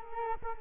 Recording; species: mosquito wingbeat signal from an infrared sensor; Culex quinquefasciatus